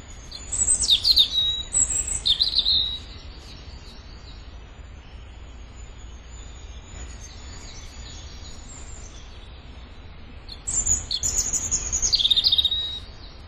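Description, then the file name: European robin song, a high sparkling phrase, then a long quiet gap, then another phrase of thin whistles and fast warbles. "Erithacus rubecula"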